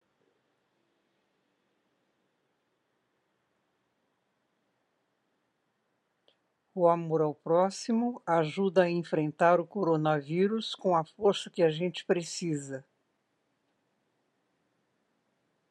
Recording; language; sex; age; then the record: spoken sentence; Brazilian Portuguese; female; 60 to 69 years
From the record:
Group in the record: control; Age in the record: 66 years